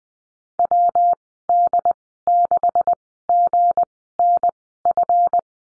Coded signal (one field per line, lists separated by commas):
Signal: Morse code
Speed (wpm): 20 wpm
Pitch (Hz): 700 Hz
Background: none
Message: WD6GNF